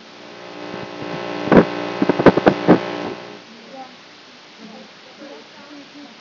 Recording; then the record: brain microelectrode recording played as sound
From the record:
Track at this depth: outside the subthalamic nucleus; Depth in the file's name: 0.048 mm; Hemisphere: left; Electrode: 2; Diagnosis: Parkinson's disease